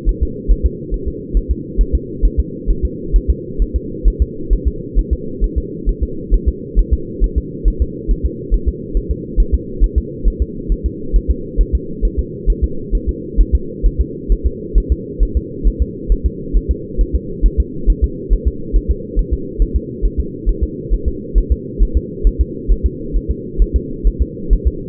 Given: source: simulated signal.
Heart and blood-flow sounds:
fetal heart sounds
0.09 s: S1
0.23 s: S2
0.51 s: S1
0.66 s: S2
0.94 s: S1
1.08 s: S2
1.37 s: S1
1.51 s: S2
1.81 s: S1
1.95 s: S2
2.25 s: S1
2.40 s: S2
2.71 s: S1
2.85 s: S2
3.16 s: S1
3.30 s: S2
3.62 s: S1
3.76 s: S2
4.08 s: S1
4.22 s: S2
4.53 s: S1
4.68 s: S2
4.99 s: S1
5.13 s: S2
5.44 s: S1
5.58 s: S2
5.89 s: S1
6.03 s: S2
6.34 s: S1
6.49 s: S2
6.79 s: S1
6.94 s: S2
7.24 s: S1
7.38 s: S2
7.68 s: S1
7.82 s: S2
8.11 s: S1
8.25 s: S2
8.54 s: S1
8.69 s: S2
8.97 s: S1
9.11 s: S2
9.40 s: S1
9.54 s: S2
9.84 s: S1
9.98 s: S2
10.28 s: S1
10.42 s: S2
10.72 s: S1
10.86 s: S2
11.16 s: S1
11.31 s: S2
11.61 s: S1
11.75 s: S2
12.05 s: S1
12.19 s: S2
12.50 s: S1
12.64 s: S2
12.95 s: S1
13.09 s: S2
13.41 s: S1
13.55 s: S2
13.86 s: S1
14.01 s: S2
14.32 s: S1
14.46 s: S2
14.78 s: S1
14.92 s: S2
15.23 s: S1
15.37 s: S2
15.68 s: S1
15.82 s: S2
16.12 s: S1
16.26 s: S2
16.57 s: S1
16.71 s: S2
17.01 s: S1
17.15 s: S2
17.46 s: S1
17.60 s: S2
17.90 s: S1
18.04 s: S2
18.33 s: S1
18.48 s: S2
18.76 s: S1
18.91 s: S2
19.19 s: S1
19.33 s: S2
19.62 s: S1
19.76 s: S2
20.05 s: S1
20.20 s: S2
20.49 s: S1
20.63 s: S2
20.94 s: S1
21.08 s: S2
21.38 s: S1
21.52 s: S2
21.82 s: S1
21.97 s: S2
22.27 s: S1
22.41 s: S2
22.72 s: S1
22.86 s: S2
23.16 s: S1
23.31 s: S2
23.62 s: S1
23.76 s: S2
24.07 s: S1
24.22 s: S2
24.53 s: S1
24.68 s: S2
From the record:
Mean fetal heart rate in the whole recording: 135 bpm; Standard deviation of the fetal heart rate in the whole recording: 3 bpm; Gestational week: 36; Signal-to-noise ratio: -4.3 dB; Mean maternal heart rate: 72 bpm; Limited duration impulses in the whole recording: absent

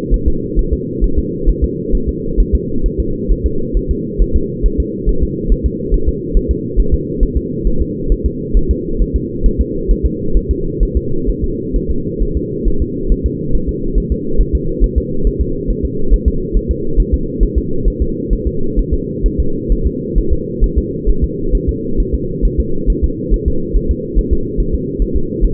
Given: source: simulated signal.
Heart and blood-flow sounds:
fetal heart sounds
0.14 s: S1
0.28 s: S2
0.59 s: S1
0.73 s: S2
1.04 s: S1
1.19 s: S2
1.49 s: S1
1.64 s: S2
1.95 s: S1
2.09 s: S2
2.40 s: S1
2.55 s: S2
2.86 s: S1
3.00 s: S2
3.31 s: S1
3.46 s: S2
3.77 s: S1
3.91 s: S2
4.22 s: S1
4.36 s: S2
4.66 s: S1
4.80 s: S2
5.09 s: S1
5.23 s: S2
5.52 s: S1
5.66 s: S2
5.94 s: S1
6.08 s: S2
6.37 s: S1
6.51 s: S2
6.80 s: S1
6.94 s: S2
7.23 s: S1
7.37 s: S2
7.67 s: S1
7.82 s: S2
8.12 s: S1
8.26 s: S2
8.57 s: S1
8.71 s: S2
9.01 s: S1
9.16 s: S2
9.46 s: S1
9.61 s: S2
9.91 s: S1
10.06 s: S2
10.37 s: S1
10.51 s: S2
10.83 s: S1
10.97 s: S2
11.30 s: S1
11.44 s: S2
11.76 s: S1
11.91 s: S2
12.22 s: S1
12.37 s: S2
12.68 s: S1
12.82 s: S2
13.12 s: S1
13.26 s: S2
13.55 s: S1
13.69 s: S2
13.98 s: S1
14.12 s: S2
14.41 s: S1
14.55 s: S2
14.84 s: S1
14.98 s: S2
15.27 s: S1
15.41 s: S2
15.70 s: S1
15.85 s: S2
16.13 s: S1
16.28 s: S2
16.56 s: S1
16.71 s: S2
17.00 s: S1
17.14 s: S2
17.43 s: S1
17.58 s: S2
17.88 s: S1
18.02 s: S2
18.33 s: S1
18.47 s: S2
18.79 s: S1
18.94 s: S2
19.26 s: S1
19.40 s: S2
19.72 s: S1
19.87 s: S2
20.18 s: S1
20.33 s: S2
20.64 s: S1
20.78 s: S2
21.09 s: S1
21.24 s: S2
21.55 s: S1
21.69 s: S2
22.00 s: S1
22.14 s: S2
22.45 s: S1
22.60 s: S2
22.90 s: S1
23.04 s: S2
23.34 s: S1
23.48 s: S2
23.76 s: S1
23.91 s: S2
24.19 s: S1
24.33 s: S2
24.60 s: S1
24.75 s: S2
25.02 s: S1
25.16 s: S2
25.44 s: S1
From the record:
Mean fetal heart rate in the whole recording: 135 bpm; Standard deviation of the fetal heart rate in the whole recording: 3 bpm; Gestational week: 36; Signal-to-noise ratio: -8.1 dB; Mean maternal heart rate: 72 bpm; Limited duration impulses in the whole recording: absent

